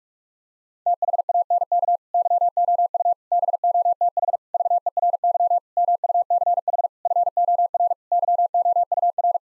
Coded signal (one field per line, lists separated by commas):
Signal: Morse code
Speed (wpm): 41 wpm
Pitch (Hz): 700 Hz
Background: none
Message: THANK YOU BOTH VERY MUCH FOR YOUR